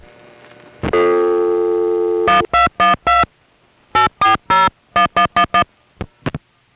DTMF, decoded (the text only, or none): 1212 8401111